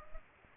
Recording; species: mosquito wingbeat signal from an infrared sensor; Culex pipiens